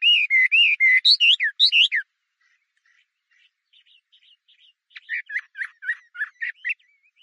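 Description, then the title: Chinese hwamei opening with a fast burst of loud looping whistles, a quiet pause with faint notes, then a softer run of short repeated phrases. "画眉鸟的叫声"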